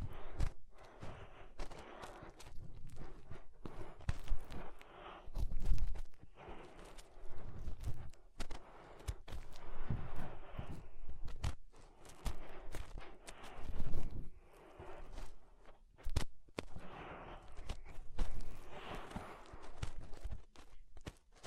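Fingers rub and scrape inside the ear, making muffled, rumbling swishes that swell and fade in waves every couple of seconds. Sharp clicks and pops cut through often, with deep thumps beneath and brief near-silent gaps between strokes.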